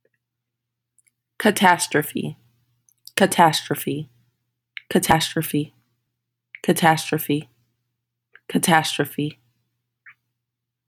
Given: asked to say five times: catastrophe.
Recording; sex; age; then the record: repeated word; female; 30 to 39 years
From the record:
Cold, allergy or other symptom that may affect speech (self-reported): no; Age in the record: 34 years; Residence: Nevada, United States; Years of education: 18